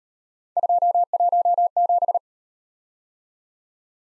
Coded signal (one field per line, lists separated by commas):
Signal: Morse code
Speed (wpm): 37 wpm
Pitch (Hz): 700 Hz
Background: none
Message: 217